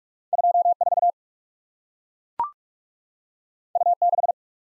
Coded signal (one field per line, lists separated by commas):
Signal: Morse code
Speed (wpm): 44 wpm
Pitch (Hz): 700 Hz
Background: none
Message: 24 U6